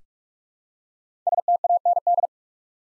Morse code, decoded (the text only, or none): STAND